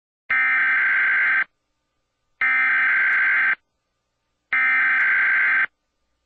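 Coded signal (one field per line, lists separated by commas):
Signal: Emergency Alert System (SAME) tones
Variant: header bursts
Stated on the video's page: Comedic fake EAS announcement; a made-up parody.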